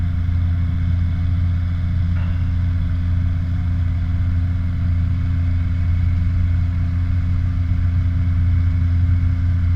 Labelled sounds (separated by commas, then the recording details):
machinery
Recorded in the Prudhoe Bay oil fields, Alaska, on 16 August 2019 at 01:42
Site 29